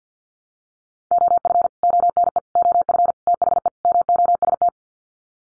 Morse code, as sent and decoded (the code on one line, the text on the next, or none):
--- ..-. / --- -. . / --- ..-. / - .... . / -- --- ... -
OF ONE OF THE MOST